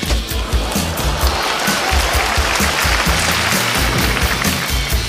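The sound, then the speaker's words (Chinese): An audience at a stand-up comedy show breaks into sustained applause, a dense, steady patter of many hands clapping at an even loudness for the whole stretch, with no voices standing out above it. “在座有邊位有100万現金嘅拍拍手？”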